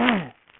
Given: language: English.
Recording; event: throat vibration sensor signal played as sound; throat clearing